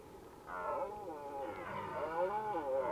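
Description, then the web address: Red deer roaring: a long, wavering harmonic bellow that swells after half a second and keeps rising and falling in pitch to the end. Recorded in Valsolda. "cibra valsolda. Cervo"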